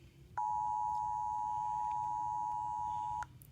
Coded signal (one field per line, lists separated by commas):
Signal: Emergency Alert System (SAME) tones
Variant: 853 and 960 Hz attention tone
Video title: FAILED DOUBLE HEADER EAS #173-174